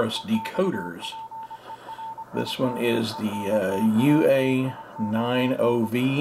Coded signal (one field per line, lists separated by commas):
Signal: Morse code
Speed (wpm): 25 wpm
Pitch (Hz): 900 Hz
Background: speech, radio noise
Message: EXPERIMENTATION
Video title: Morse Code Decoding Software, MRP40, CWGet, CW Decoder Review – AF5DN